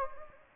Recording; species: mosquito wingbeat signal from an infrared sensor; Anopheles gambiae